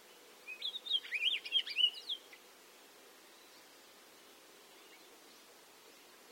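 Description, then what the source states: Palila: songbird giving a single short burst of hurried, warbled twitters, followed by several seconds of faint background hiss. Loud, warbly blurt call, given mainly by males but by both sexes and all ages as a contact call; Hawaii.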